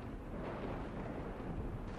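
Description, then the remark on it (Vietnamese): A deep, rolling rumble of thunder that holds at a steady, heavy level for about two seconds, with no sharp crack and no voices. “Cùng lúc ấy, trên thinh không vang lên tiếng sét cùng với tiếng hét thất thanh của cả con sen lẫn bà bá.”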